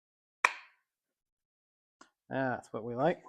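A knife is pushed into a kydex sheath after the tape has been removed, and it snaps in with a sharp click at 0.5 s, showing it is seated. A faint tick follows at 2.0 s, then someone talks approvingly.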